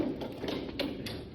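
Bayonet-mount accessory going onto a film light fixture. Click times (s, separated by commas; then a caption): 0.8 s. A bayonet-mount accessory is inserted onto a film light fixture with its groove centred on the diagonal, then turned. Soft handling taps come at about 0.2, 0.5 and 1.1 seconds, and a sharp click at 0.8 seconds marks the mount seating.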